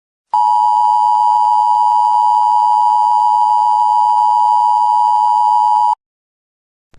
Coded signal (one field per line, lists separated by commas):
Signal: Emergency Alert System (SAME) tones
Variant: 853 and 960 Hz attention tone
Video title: |EAS SCENARIO: THE GIANT LOCUSTS|